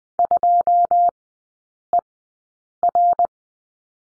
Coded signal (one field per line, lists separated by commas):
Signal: Morse code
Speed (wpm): 20 wpm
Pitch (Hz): 700 Hz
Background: none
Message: 2ER